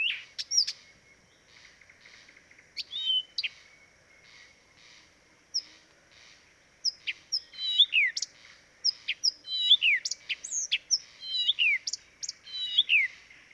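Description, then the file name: Blyth's reed warbler delivering slow, spaced phrases of clear descending whistles and clicks, growing busier and more varied toward the end. "life dviete. acrocephalus dumetorum"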